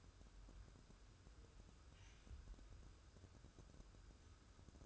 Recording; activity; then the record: daily activity, microphone in the room; wipe stove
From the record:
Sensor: 2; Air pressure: 1015.0 hPa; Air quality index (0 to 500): 67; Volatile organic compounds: 1 ppm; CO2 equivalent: 817 ppm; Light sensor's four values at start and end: 13/35/14/15 and 13/35/14/15